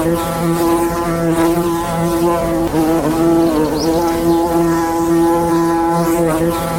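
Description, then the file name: Honey bee buzzing: a steady, low droning hum with layered overtones, without pauses. "Ape (Apis mellifera)"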